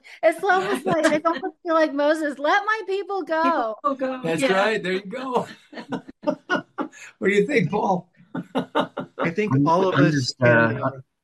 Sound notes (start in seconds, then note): 4.3 laughs; 8.3 laughs